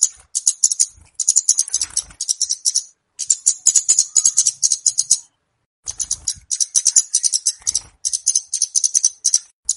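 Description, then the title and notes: Flowerpecker song: dense, very high buzzy ticking trills in long bursts with brief breaks, soft scratchy sounds underneath. Lure song used for trapping birds; bird locally called kemade or cabe-cabean. "Kicau Pancing Burung Kemade ( Cabe Cabean). Suara Burung Cabe Cabean Pikat"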